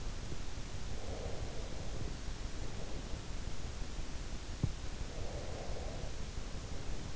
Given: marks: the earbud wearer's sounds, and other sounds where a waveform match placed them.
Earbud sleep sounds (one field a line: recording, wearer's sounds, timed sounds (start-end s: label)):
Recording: sounds in sleep by an in-ear microphone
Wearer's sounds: breath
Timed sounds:
0.80-3.66 s: breath
4.95-7.16 s: breath